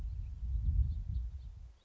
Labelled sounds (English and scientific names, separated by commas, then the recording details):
House Finch (Haemorhous mexicanus)
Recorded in Sonoma County, California